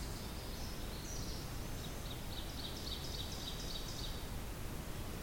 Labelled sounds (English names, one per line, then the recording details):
Ovenbird song
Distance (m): 60 m
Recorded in boreal forest in Alberta, Canada, on 8 June 2016 at 07:00
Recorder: SongMeter 3, array SBT-3-9
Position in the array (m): 48 m, 99 m
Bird 33